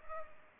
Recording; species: mosquito wingbeat signal from an infrared sensor; Culex pipiens